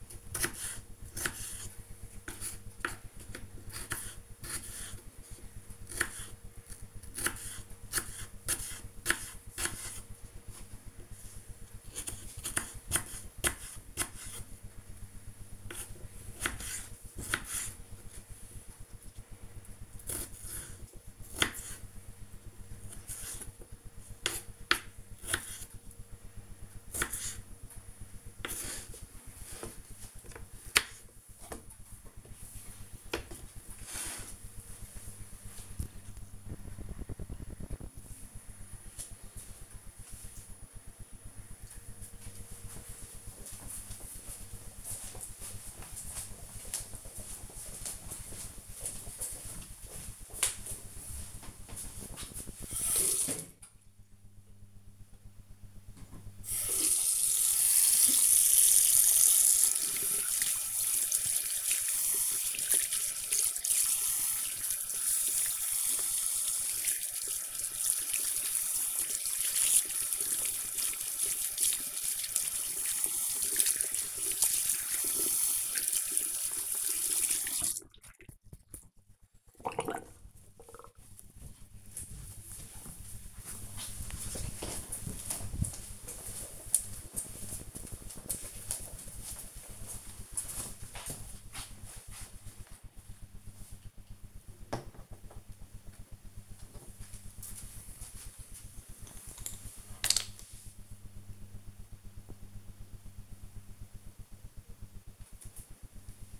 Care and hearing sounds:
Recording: household activities, microphone on the right wrist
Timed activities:
0.00-31.41 s: cutting vegetables
55.58-77.74 s: washing hands
95.88-106.40 s: cream hands

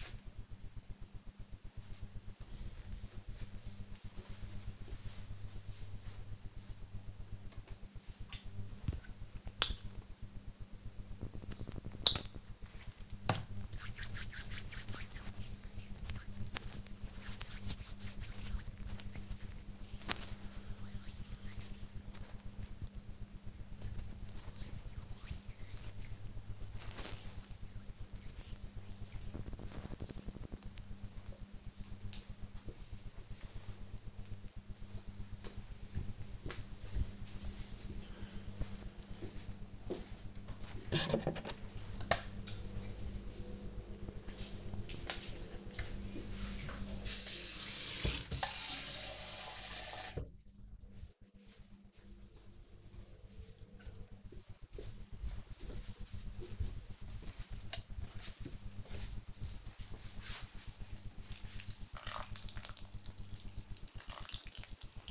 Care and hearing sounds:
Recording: household activities, microphone on the right wrist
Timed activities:
7.23-30.40 s: cream hands
39.46-65.10 s: watering plant

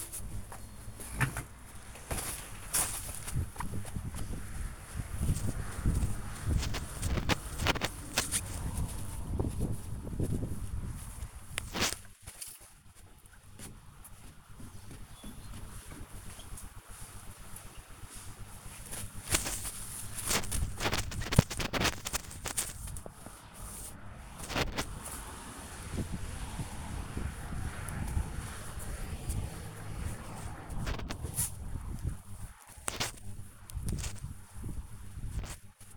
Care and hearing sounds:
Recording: household activities, microphone on the right wrist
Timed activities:
0.00-35.97 s: window cleaning

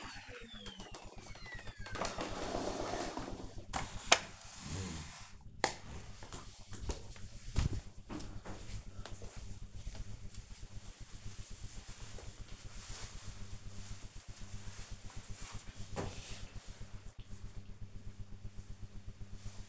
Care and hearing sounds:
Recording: household activities, microphone on the right wrist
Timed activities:
none

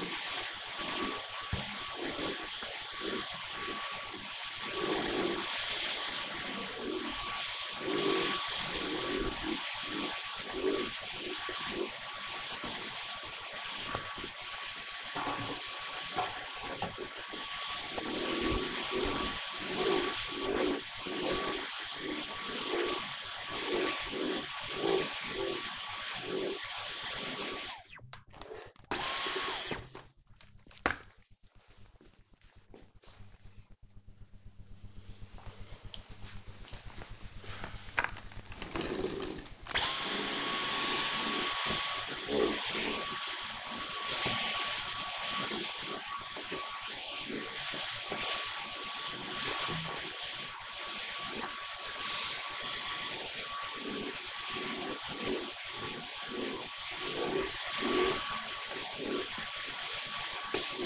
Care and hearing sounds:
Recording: household activities, microphone on the right wrist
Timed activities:
0.00-27.80 s: vacuum cleaning
37.88-60.86 s: vacuum cleaning

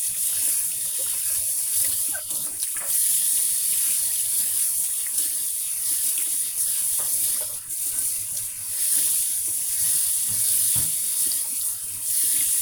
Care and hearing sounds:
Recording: household activities, microphone on the right wrist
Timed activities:
0.00-12.61 s: washing dishes

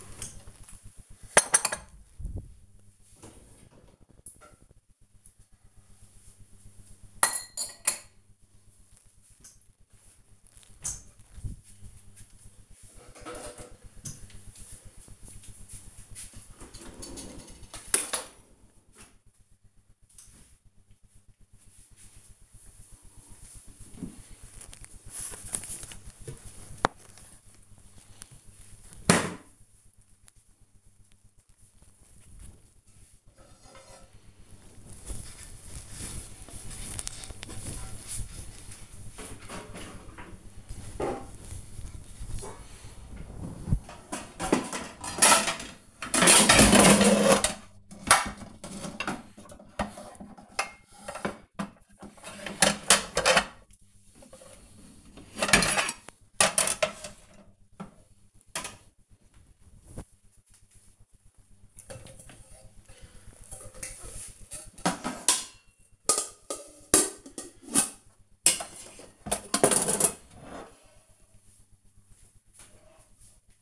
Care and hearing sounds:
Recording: household activities, microphone on the right wrist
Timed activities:
0.00-73.62 s: cleaning out the dishwasher

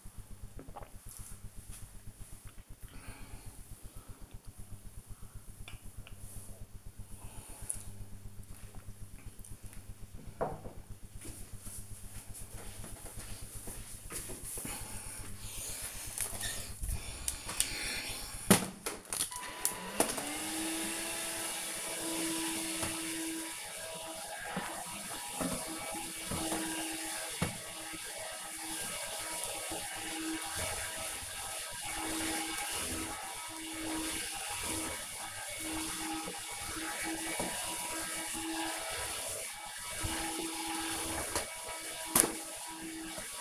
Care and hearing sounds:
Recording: household activities, microphone on the right wrist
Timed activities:
0.00-8.07 s: drinking
16.10-43.41 s: vacuum cleaning

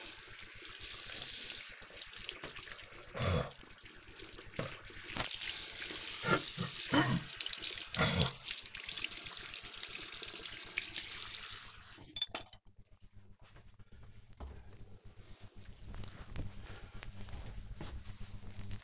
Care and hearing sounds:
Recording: household activities, microphone on the right wrist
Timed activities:
0.00-13.84 s: brushing teeth

